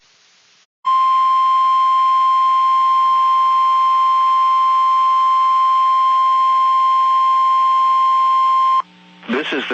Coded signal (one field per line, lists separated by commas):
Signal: Emergency Alert System (SAME) tones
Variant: 1050 Hz attention tone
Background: speech